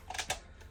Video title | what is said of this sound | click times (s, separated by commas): BMW e91 e92 e90 330d oil service how to | slides in just pops in nice little click fits pretty much flush with the bottom there | 0.3 s